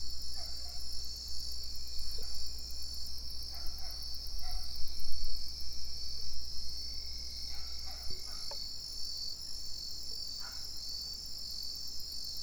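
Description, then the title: Cricket chorus, a constant high shrill trill, with several short, scattered chirps breaking in now and then. Crickets in plum trees at Tinun, Tenabo, Campeche, Mexico; recorded with a TASCAM DR-100 mkII recorder and RODE NTG-2 shotgun microphone with Deadcat windshield. "Tinun, Tenabo, Camp., México - Grillos en Ciruelos"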